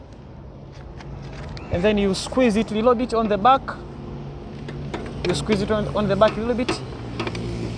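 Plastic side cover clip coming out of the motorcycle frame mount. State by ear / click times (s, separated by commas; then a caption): released / 7.2 s. On a 2020 Bajaj Boxer X150 motorcycle, the rear of the plastic left side cover is squeezed and pulled while someone talks. At 7.2 s its retaining clip snaps free of the frame grommet with a short sharp click, releasing the cover.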